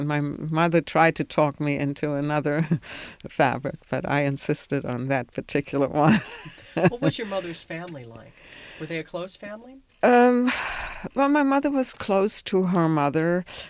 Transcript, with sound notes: And my mother tried to talk me into another fabric, but I insisted on that particular one. (she laughs)
What was your mother's family like? Were they a close family?
Well, my mother was close to her mother.